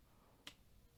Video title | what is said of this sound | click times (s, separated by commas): The ULTIMATE Steam Deck SSD Upgrade Guide! (2023) | Give a bit of a push until you hear the click. | 0.5 s